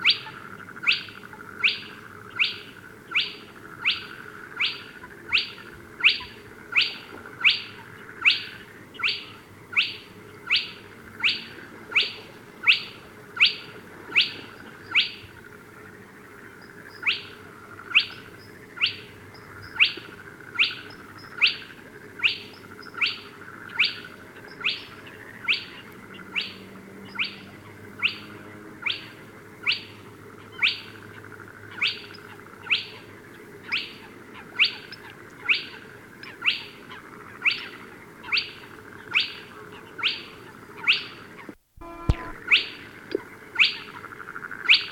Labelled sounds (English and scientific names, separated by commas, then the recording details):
Spotted Crake (Porzana porzana) call
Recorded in the wild
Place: Schwerin, Großer Dambecker See, Mecklenburg-Vorpommern, DE
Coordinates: 53.781, 11.392
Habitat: lake
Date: 1975-05-09 21:30
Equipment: Nagra III BH, Sennheiser MD 21, parabola
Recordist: Schubert, Michael